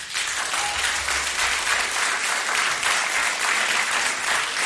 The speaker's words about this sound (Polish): Wielkie brawa. …, …, 2017, jazz, debiut. Dzisiaj … wspierał dziennie …. Brawa też dla ….